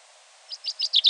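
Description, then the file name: Common chaffinch giving a quick series of six high, sharp chipping notes that speed up and grow louder, over a soft hiss. "Fringilla coelebs"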